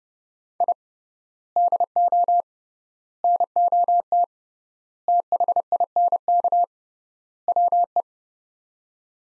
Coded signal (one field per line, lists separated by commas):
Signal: Morse code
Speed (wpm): 30 wpm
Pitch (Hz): 700 Hz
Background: none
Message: I DO NOT THINK WE